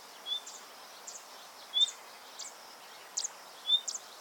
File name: Luscinia megarhynchos